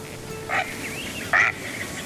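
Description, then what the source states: Great Blue Heron call: two short, hoarse, croaking squawks. Found in Missouri wetland areas.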